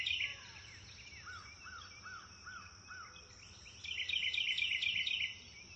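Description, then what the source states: Bird chirps: a short high twitter, then five soft arched chirps at regular intervals, then a longer rapid high twittering burst, over steady high-pitched background noise. Nature ambience recorded in a wood near a river, with birds chirping.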